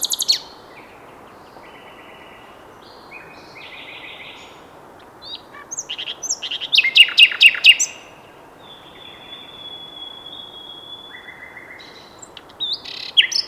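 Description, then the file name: Common nightingale song with scattered phrases: brief buzzy notes, a short cluster of rapid repeated notes midway, and a long thin whistle after it. "Luscinia megarhynchos"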